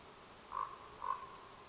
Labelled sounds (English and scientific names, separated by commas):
Common Raven (Corvus corax)